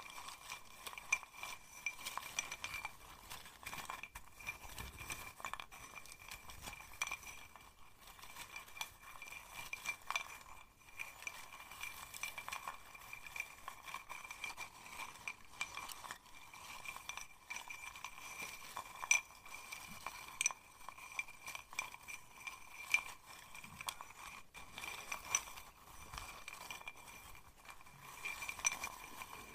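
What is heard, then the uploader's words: Glass bottle, safety pins and seashell rattle and clink in a dense, restless jangle, with sharp bright pings scattered throughout thirty seconds. Random Triggers | No Talking | Binaural. A glass bottle, duct tape, a bag of safety pins, and a seashell.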